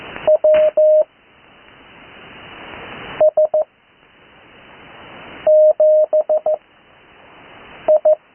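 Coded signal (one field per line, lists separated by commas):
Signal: Morse code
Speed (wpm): 15 wpm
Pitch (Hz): 620 Hz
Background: none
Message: W S 7 I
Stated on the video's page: Morse practice recorded live on the 80m band.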